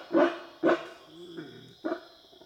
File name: black howler monkey